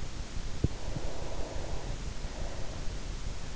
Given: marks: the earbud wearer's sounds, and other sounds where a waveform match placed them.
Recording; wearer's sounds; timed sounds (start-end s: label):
sounds in sleep by an in-ear microphone; breath
0.47-3.07 s: breath